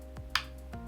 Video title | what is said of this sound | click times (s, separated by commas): Building Your First Custom PC: For beginners | you hear click and | 0.4 s